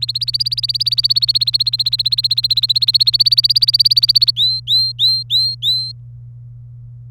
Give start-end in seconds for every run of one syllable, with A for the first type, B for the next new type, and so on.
0.00-4.31 A, 4.36-5.92 B